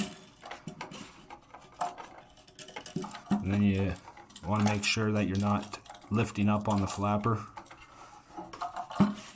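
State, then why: Not seated. A toilet flapper chain's clip is handled toward the flush lever arm, with care taken not to lift the flapper, making small scattered handling clicks and taps while someone talks. Nothing has seated or clicked into place yet.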